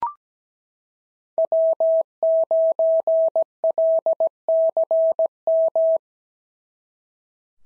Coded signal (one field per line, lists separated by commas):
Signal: Morse code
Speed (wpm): 16 wpm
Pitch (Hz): 650 Hz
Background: none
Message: W9LCM